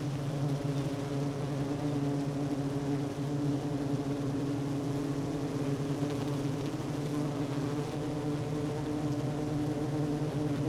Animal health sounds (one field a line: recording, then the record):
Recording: honeybee colony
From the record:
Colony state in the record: active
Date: 12 June 2018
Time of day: 10:17